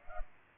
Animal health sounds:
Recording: mosquito wingbeat signal from an infrared sensor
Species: Culex pipiens

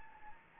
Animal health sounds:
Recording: mosquito wingbeat signal from an infrared sensor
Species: Anopheles gambiae

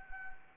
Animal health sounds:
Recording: mosquito wingbeat signal from an infrared sensor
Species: Anopheles arabiensis

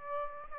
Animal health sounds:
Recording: mosquito wingbeat signal from an infrared sensor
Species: Aedes aegypti

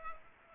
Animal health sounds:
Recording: mosquito wingbeat signal from an infrared sensor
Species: Culex pipiens

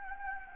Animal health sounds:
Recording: mosquito wingbeat signal from an infrared sensor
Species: Anopheles gambiae

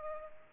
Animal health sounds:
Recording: mosquito wingbeat signal from an infrared sensor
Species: Culex pipiens

